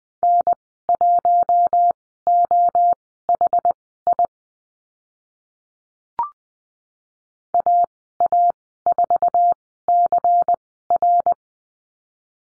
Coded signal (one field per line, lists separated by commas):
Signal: Morse code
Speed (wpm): 19 wpm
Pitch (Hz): 700 Hz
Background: none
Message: N1OHI AA4CR